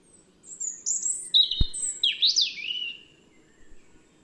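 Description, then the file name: European robin song of thin, sliding high whistles and a swooping downward slur, with a single sharp click partway through. "Erithacus rubecula"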